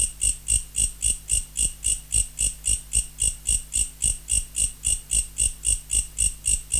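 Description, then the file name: Mecopoda katydid chirping in a clear, evenly paced sequence of sharp, shrill pulses, about three and a half per second, over a faint low hum. Recorded in November. "Mecopoda sp Nov"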